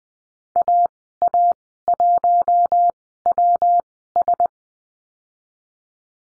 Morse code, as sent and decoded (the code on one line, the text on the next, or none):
.- .- .---- .-- ...
AA1WS